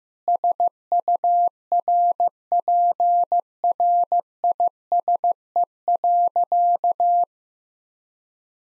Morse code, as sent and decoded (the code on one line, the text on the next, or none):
... ..- .-. .--. .-. .. ... . .-.-.-
SURPRISE.